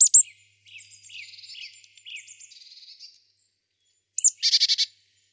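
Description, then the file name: Marsh Tit calls: two sharp high notes, a run of soft stuttering notes, then a quick downslur and a short buzzy, nasal series. "Poecile palustris"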